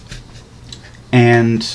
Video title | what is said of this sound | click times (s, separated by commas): Creative Memories Paper Trimmer Review | not magnetic closure but it just kind of like pops into place and locks a little bit | 0.7 s